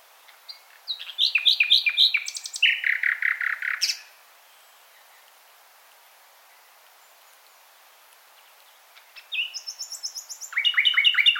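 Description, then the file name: Common nightingale song: rich phrases of repeated chirps and buzzy trills for about three and a half seconds, a long pause, then fresh phrases of rapid repeated notes. "Luscinia megarhynchos"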